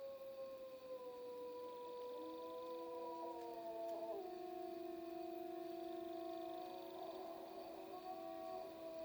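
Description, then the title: Wolf howls, several long level tones overlapping, one voice dropping to a low sustained note while others waver above. Wolf soundscape recorded at Freita. "Wolf Soundscapes Freita"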